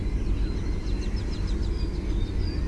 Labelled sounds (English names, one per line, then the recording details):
Mallard
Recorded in Germany
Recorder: ecoPi